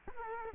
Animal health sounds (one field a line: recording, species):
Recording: mosquito wingbeat signal from an infrared sensor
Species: Culex quinquefasciatus